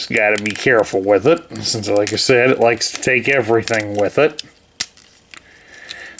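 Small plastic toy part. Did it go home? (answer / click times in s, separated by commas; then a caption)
yes / 4.8 s. Someone talks while folding out the upper shoulder section of a plastic Transformers Studio Series #05 Optimus Prime robot figure and pushing it until it locks. A sharp click at 4.8 s marks the shoulder piece locking into place, followed by a few faint ticks. The piece is confirmed seated in its locked position.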